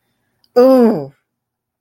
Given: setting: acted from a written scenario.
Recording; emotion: vocal sound without words; pain